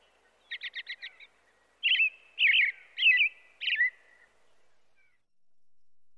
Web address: bird american robin